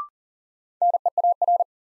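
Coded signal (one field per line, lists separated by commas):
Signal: Morse code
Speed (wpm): 40 wpm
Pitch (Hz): 700 Hz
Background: none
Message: NEAR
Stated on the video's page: New words from top-200-word sentences sent in Morse at 40wpm as a head-copy drill; each word sent, spoken, then sent again.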